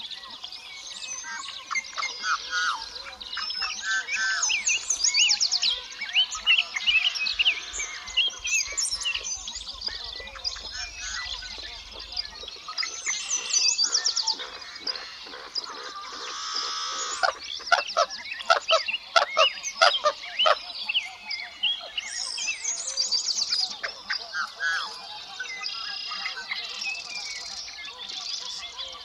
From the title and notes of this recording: A great place to listen to insects — and birds — is a remote mountain lake in the spring. Gordon Hempton, an acoustic ecologist and sonic guide for the this series, recorded the sounds of this lake in Washington’s Methow Valley.